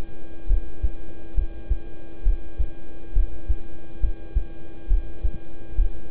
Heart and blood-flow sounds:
heart sounds by stethoscope; between the tricuspid and mitral areas; 68 bpm
0.47 s: heartbeat
1.34 s: heartbeat
2.23 s: heartbeat
3.13 s: heartbeat
4.00 s: heartbeat
4.87 s: heartbeat
5.75 s: heartbeat
From the record:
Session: rest, lying down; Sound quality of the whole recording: good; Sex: male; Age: 26 years

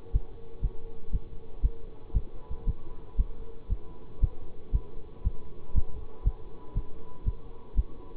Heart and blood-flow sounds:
heart sounds by stethoscope; between the tricuspid and mitral areas; 118 bpm
0.14 s: heartbeat
0.63 s: heartbeat
1.13 s: heartbeat
1.63 s: heartbeat
2.14 s: heartbeat
2.67 s: heartbeat
3.18 s: heartbeat
3.70 s: heartbeat
4.22 s: heartbeat
4.73 s: heartbeat
5.24 s: heartbeat
5.75 s: heartbeat
6.25 s: heartbeat
6.75 s: heartbeat
7.26 s: heartbeat
7.77 s: heartbeat
From the record:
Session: bicycle stress test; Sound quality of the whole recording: good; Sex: male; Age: 24 years

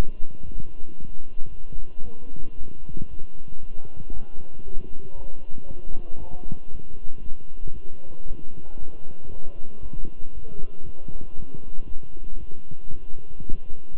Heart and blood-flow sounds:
heart sounds by stethoscope; between the tricuspid and mitral areas; 116 bpm
0.44 s: heartbeat
0.98 s: heartbeat
1.50 s: heartbeat
2.04 s: heartbeat
2.57 s: heartbeat
3.09 s: heartbeat
3.60 s: heartbeat
4.12 s: heartbeat
4.64 s: heartbeat
5.15 s: heartbeat
5.66 s: heartbeat
6.18 s: heartbeat
6.71 s: heartbeat
7.22 s: heartbeat
7.74 s: heartbeat
8.26 s: heartbeat
8.78 s: heartbeat
9.30 s: heartbeat
9.81 s: heartbeat
10.33 s: heartbeat
10.85 s: heartbeat
11.36 s: heartbeat
11.87 s: heartbeat
12.38 s: heartbeat
12.90 s: heartbeat
13.40 s: heartbeat
13.92 s: heartbeat
From the record:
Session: walking at 3.7 km/h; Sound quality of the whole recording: good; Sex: male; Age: 23 years

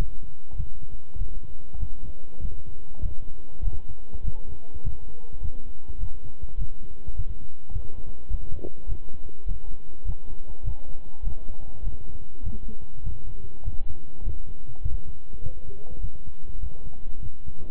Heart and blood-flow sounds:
heart sounds by stethoscope; between the tricuspid and mitral areas; 101 bpm
0.55 s: heartbeat
1.16 s: heartbeat
1.78 s: heartbeat
2.40 s: heartbeat
3.00 s: heartbeat
3.62 s: heartbeat
4.23 s: heartbeat
4.82 s: heartbeat
5.40 s: heartbeat
5.98 s: heartbeat
6.56 s: heartbeat
7.14 s: heartbeat
7.71 s: heartbeat
8.29 s: heartbeat
8.87 s: heartbeat
9.46 s: heartbeat
10.04 s: heartbeat
10.63 s: heartbeat
11.22 s: heartbeat
11.82 s: heartbeat
12.42 s: heartbeat
13.02 s: heartbeat
13.63 s: heartbeat
14.22 s: heartbeat
14.81 s: heartbeat
15.41 s: heartbeat
15.99 s: heartbeat
16.59 s: heartbeat
17.20 s: heartbeat
From the record:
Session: walking at 3.7 km/h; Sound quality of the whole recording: good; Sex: male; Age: 26 years

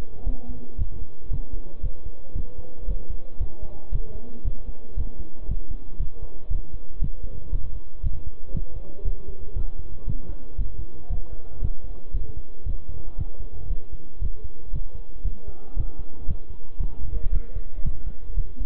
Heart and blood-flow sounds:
heart sounds by stethoscope; between the tricuspid and mitral areas; 116 bpm
0.27 s: heartbeat
0.79 s: heartbeat
1.32 s: heartbeat
1.84 s: heartbeat
2.36 s: heartbeat
2.89 s: heartbeat
3.41 s: heartbeat
3.93 s: heartbeat
4.45 s: heartbeat
4.98 s: heartbeat
5.49 s: heartbeat
6.00 s: heartbeat
6.51 s: heartbeat
7.02 s: heartbeat
7.53 s: heartbeat
8.04 s: heartbeat
8.55 s: heartbeat
9.06 s: heartbeat
9.57 s: heartbeat
10.08 s: heartbeat
10.59 s: heartbeat
11.11 s: heartbeat
11.63 s: heartbeat
12.15 s: heartbeat
12.67 s: heartbeat
13.19 s: heartbeat
13.70 s: heartbeat
14.22 s: heartbeat
14.74 s: heartbeat
15.25 s: heartbeat
15.77 s: heartbeat
16.29 s: heartbeat
16.80 s: heartbeat
17.33 s: heartbeat
17.85 s: heartbeat
18.37 s: heartbeat
From the record:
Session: bicycle stress test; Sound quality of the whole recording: good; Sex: male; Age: 23 years

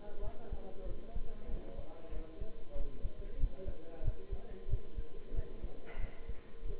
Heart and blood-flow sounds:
heart sounds by stethoscope; between the tricuspid and mitral areas; 93 bpm
0.21 s: heartbeat
0.85 s: heartbeat
1.48 s: heartbeat
2.11 s: heartbeat
2.74 s: heartbeat
3.38 s: heartbeat
4.02 s: heartbeat
4.67 s: heartbeat
5.33 s: heartbeat
5.98 s: heartbeat
6.64 s: heartbeat
From the record:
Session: bicycle stress test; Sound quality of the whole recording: good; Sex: male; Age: 23 years

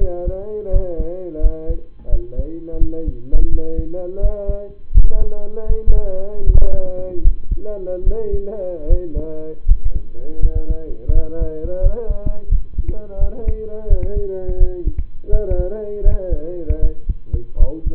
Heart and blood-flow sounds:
heart sounds by stethoscope; between the tricuspid and mitral areas; 82 bpm
0.69 s: heartbeat
1.40 s: heartbeat
2.09 s: heartbeat
2.78 s: heartbeat
3.49 s: heartbeat
4.19 s: heartbeat
4.91 s: heartbeat
5.66 s: heartbeat
6.43 s: heartbeat
7.21 s: heartbeat
8.03 s: heartbeat
8.86 s: heartbeat
9.65 s: heartbeat
10.39 s: heartbeat
11.11 s: heartbeat
11.80 s: heartbeat
12.48 s: heartbeat
13.17 s: heartbeat
13.87 s: heartbeat
14.57 s: heartbeat
15.29 s: heartbeat
16.02 s: heartbeat
16.79 s: heartbeat
17.56 s: heartbeat
From the record:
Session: rest, lying down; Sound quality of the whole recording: partially saturated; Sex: male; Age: 25 years

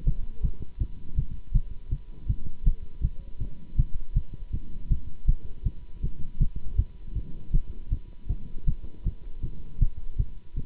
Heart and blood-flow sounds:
heart sounds by stethoscope; between the tricuspid and mitral areas; 160 bpm
0.06 s: heartbeat
0.43 s: heartbeat
0.79 s: heartbeat
1.16 s: heartbeat
1.54 s: heartbeat
1.91 s: heartbeat
2.28 s: heartbeat
2.65 s: heartbeat
3.02 s: heartbeat
3.40 s: heartbeat
3.77 s: heartbeat
4.15 s: heartbeat
4.52 s: heartbeat
4.90 s: heartbeat
5.27 s: heartbeat
5.64 s: heartbeat
6.02 s: heartbeat
6.39 s: heartbeat
6.77 s: heartbeat
7.15 s: heartbeat
7.52 s: heartbeat
7.90 s: heartbeat
8.28 s: heartbeat
8.66 s: heartbeat
9.04 s: heartbeat
9.42 s: heartbeat
9.80 s: heartbeat
10.18 s: heartbeat
10.56 s: heartbeat
From the record:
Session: Bruce protocol treadmill stress test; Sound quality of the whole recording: good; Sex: male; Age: 24 years

